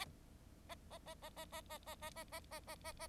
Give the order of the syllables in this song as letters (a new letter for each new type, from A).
A A A A A A A A A A A A A A A